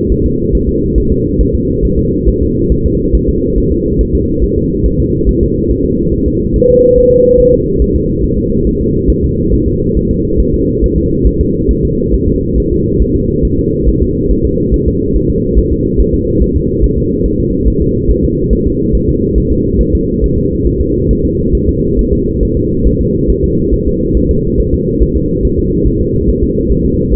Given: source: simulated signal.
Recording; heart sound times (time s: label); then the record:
fetal heart sounds
0.12 s: S1
0.26 s: S2
0.55 s: S1
0.69 s: S2
0.98 s: S1
1.12 s: S2
1.41 s: S1
1.55 s: S2
1.85 s: S1
1.99 s: S2
2.28 s: S1
2.43 s: S2
2.72 s: S1
2.86 s: S2
3.15 s: S1
3.29 s: S2
3.58 s: S1
3.72 s: S2
4.01 s: S1
4.15 s: S2
4.44 s: S1
4.58 s: S2
4.86 s: S1
5.00 s: S2
5.29 s: S1
5.43 s: S2
5.71 s: S1
5.85 s: S2
6.14 s: S1
6.28 s: S2
6.56 s: S1
6.70 s: S2
6.98 s: S1
7.12 s: S2
7.40 s: S1
7.54 s: S2
7.82 s: S1
7.96 s: S2
8.24 s: S1
8.38 s: S2
8.67 s: S1
8.81 s: S2
9.10 s: S1
9.24 s: S2
9.53 s: S1
9.68 s: S2
9.97 s: S1
10.11 s: S2
10.40 s: S1
10.54 s: S2
10.84 s: S1
10.98 s: S2
11.27 s: S1
11.41 s: S2
11.71 s: S1
11.85 s: S2
12.14 s: S1
12.28 s: S2
12.58 s: S1
12.72 s: S2
13.02 s: S1
13.16 s: S2
13.45 s: S1
13.59 s: S2
13.88 s: S1
14.03 s: S2
14.31 s: S1
14.45 s: S2
14.74 s: S1
14.88 s: S2
15.16 s: S1
15.30 s: S2
15.58 s: S1
15.72 s: S2
16.00 s: S1
16.15 s: S2
16.42 s: S1
16.56 s: S2
16.84 s: S1
16.98 s: S2
17.26 s: S1
17.40 s: S2
17.68 s: S1
17.82 s: S2
18.10 s: S1
18.25 s: S2
18.53 s: S1
18.67 s: S2
18.95 s: S1
19.09 s: S2
19.38 s: S1
19.52 s: S2
19.81 s: S1
19.95 s: S2
20.24 s: S1
20.38 s: S2
20.67 s: S1
20.81 s: S2
21.11 s: S1
21.25 s: S2
21.55 s: S1
21.69 s: S2
21.99 s: S1
22.13 s: S2
22.43 s: S1
22.57 s: S2
22.87 s: S1
23.01 s: S2
23.30 s: S1
23.44 s: S2
23.74 s: S1
23.88 s: S2
24.17 s: S1
24.31 s: S2
24.60 s: S1
24.74 s: S2
25.02 s: S1
25.16 s: S2
25.45 s: S1
25.59 s: S2
25.87 s: S1
26.01 s: S2
26.29 s: S1
26.44 s: S2
26.71 s: S1
26.85 s: S2
27.13 s: S1
From the record:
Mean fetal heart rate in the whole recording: 140 bpm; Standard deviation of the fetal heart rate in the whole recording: 2 bpm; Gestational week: 34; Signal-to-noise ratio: -10.2 dB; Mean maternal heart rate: 72 bpm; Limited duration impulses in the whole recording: present